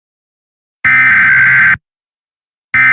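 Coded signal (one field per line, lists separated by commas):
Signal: Emergency Alert System (SAME) tones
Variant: header bursts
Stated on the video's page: Fictional EAS scenario with valid SAME tones: Tornado Emergency, Extreme Tornado Emergency and derecho extreme wind alerts for California.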